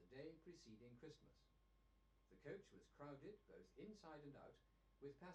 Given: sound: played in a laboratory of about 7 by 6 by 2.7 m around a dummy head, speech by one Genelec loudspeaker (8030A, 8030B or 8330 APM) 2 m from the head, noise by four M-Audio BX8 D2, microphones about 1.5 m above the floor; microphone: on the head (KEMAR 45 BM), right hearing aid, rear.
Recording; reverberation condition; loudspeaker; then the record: male speech in English; low; 60 degrees to the left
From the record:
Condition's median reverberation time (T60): about 310 ms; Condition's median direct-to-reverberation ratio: about 3.5 dB